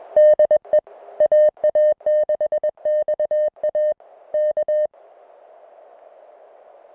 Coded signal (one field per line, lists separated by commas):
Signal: Morse code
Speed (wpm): 21 wpm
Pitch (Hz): 610 Hz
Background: music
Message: DE AA6XA K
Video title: Oat Mountain QSO Audio